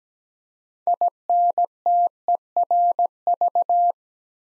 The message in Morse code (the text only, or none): INTERV